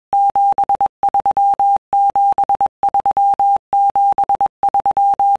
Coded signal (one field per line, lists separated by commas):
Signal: Morse code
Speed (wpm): 21 wpm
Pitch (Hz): 800 Hz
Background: none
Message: 73 73 73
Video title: 73 --... ...-- Wer Hat lust auf SSB CW DX ?